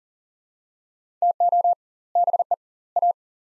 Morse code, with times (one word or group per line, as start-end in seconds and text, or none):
1.2-1.7 TO
2.2-2.5 BE
3.0-3.1 A